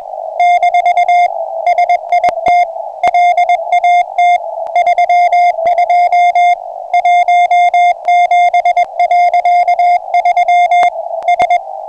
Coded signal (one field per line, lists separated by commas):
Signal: Morse code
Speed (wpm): 21 wpm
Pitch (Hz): 710 Hz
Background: music, radio noise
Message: - SIT LAT 32 17.3 S